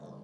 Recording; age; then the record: pig call; piglet (1 to 25 days)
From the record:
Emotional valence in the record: negative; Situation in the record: short isolation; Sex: female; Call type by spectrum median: low-frequency call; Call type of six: low-frequency stable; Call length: 0.24 s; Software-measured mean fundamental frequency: 68 Hz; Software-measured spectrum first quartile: 183 Hz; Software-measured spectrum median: 352 Hz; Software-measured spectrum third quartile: 643 Hz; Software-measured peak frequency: 197 Hz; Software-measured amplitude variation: 121 dB a second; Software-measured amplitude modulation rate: 29.2 a second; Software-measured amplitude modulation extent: 4.1 dB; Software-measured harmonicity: 1.2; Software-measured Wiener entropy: 0.09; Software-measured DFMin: 1227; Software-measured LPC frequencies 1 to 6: 504, 3595, 4375, 5419, 6085, 6858 Hz